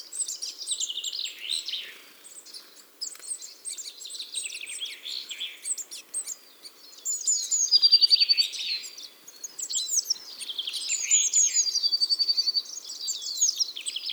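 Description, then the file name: Eurasian blue tit calling with soft, scratchy high twitters, then clearer bursts holding short rapid trills near the middle and end. "Cyanistes caeruleus"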